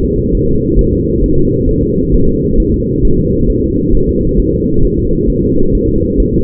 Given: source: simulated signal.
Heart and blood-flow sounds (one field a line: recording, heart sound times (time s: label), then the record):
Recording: fetal heart sounds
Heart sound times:
0.05 s: S2
0.35 s: S1
0.49 s: S2
0.79 s: S1
0.93 s: S2
1.24 s: S1
1.38 s: S2
1.69 s: S1
1.83 s: S2
2.14 s: S1
2.29 s: S2
2.60 s: S1
2.74 s: S2
3.05 s: S1
3.19 s: S2
3.50 s: S1
3.64 s: S2
3.95 s: S1
4.09 s: S2
4.40 s: S1
4.54 s: S2
4.85 s: S1
4.99 s: S2
5.30 s: S1
5.44 s: S2
5.75 s: S1
5.89 s: S2
6.20 s: S1
6.34 s: S2
From the record:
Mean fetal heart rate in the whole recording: 135 bpm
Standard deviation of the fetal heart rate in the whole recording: 3 bpm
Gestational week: 36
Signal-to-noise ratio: -16.4 dB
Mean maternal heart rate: 72 bpm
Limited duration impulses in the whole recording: present